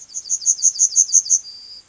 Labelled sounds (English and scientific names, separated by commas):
Yellowhammer (Emberiza citrinella) song